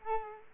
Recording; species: mosquito wingbeat signal from an infrared sensor; Culex quinquefasciatus